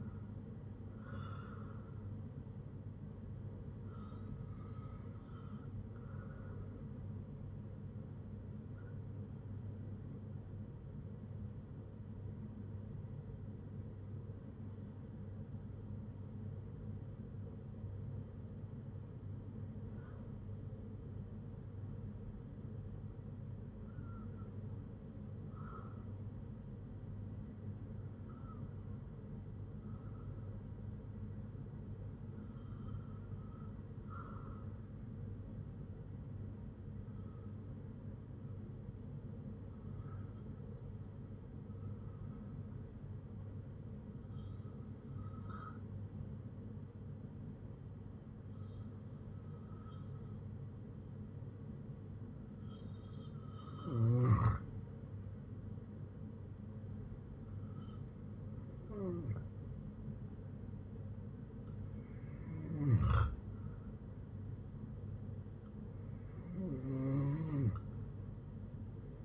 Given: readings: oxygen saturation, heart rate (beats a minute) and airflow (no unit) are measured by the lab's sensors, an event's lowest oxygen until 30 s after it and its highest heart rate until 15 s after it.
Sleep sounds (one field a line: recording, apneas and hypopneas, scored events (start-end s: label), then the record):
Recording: breathing in sleep by a smartphone at the bedside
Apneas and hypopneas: 1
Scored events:
30.00-61.60 s: hypopnea (REM, oxygen 96% highest, then 91% lowest, heart rate 62 at the start, 72 highest)
From the record:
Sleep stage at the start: REM sleep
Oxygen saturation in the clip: 88 to 96%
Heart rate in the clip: 62 to 78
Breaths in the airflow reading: 16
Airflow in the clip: -7.5 to 7.7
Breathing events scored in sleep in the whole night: 182 in 7.4 hours asleep